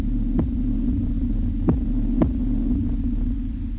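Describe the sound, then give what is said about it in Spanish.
A heartbeat sound effect: a few soft, low thumps over a constant deep hum, with no voices. “la radio del sur suenan los latidos de la patria grande.”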